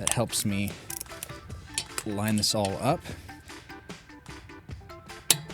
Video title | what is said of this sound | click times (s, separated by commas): How Rotate Car Tires (on a 2023 nissan Leaf and other cars/trucks/SUVs) | And you tighten it until it clicks. | 5.3 s